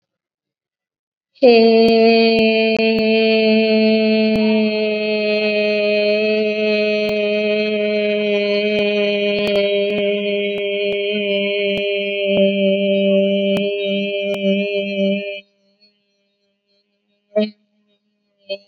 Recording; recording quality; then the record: sustained vowel as in made; excellent, no background noise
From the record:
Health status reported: COVID-19 positive, mild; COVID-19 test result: positive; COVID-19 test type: RT-PCR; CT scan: not taken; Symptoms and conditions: cough, fever, fatigue, muscle pain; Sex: female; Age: 24 years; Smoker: no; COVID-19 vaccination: both doses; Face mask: worn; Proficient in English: yes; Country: India